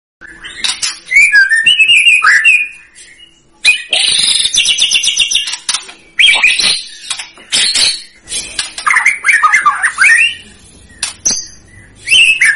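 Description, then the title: White-rumped shama: songbird song: loud bursts of harsh, buzzy high chatter alternating with short warbled phrases, separated by brief pauses. Lure recording of a strongly singing bird, meant to provoke a response. "PANCINGAN MEWAH MURAI BATU GACOR, SEKALI DENGAR AMPUH LANGSUNG RESPON"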